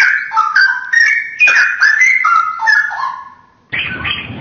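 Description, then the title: Oriental magpie-robin song: rapid run of varied whistled notes, a short fade, then an abrupt switch to a noisier passage. "Kicau Kacer"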